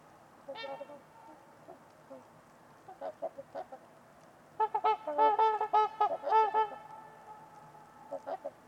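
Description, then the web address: Trumpeter swan calls, scattered single honks at first, then a loud rapid series of resonant trumpeting notes from several birds, and a few calls at the end. Trumpeter swans at Winters Lake on a winter evening, in a deep, quiet valley with distant white noise. "Wind-is-the-Original-Radio-Fridays Winters-Lake-with-Swan. Trumpeter Swans on a Winter's Eve"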